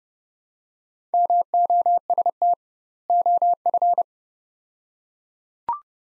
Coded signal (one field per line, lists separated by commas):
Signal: Morse code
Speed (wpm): 29 wpm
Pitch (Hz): 700 Hz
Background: none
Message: MOST OF